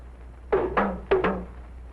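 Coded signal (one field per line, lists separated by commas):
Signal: talking drum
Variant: Ashanti (Akan) talking drum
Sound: four hollow drum strokes in two pairs, each pair falling from higher to lower pitch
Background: small room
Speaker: Mr. Ite has just told me you are welcome.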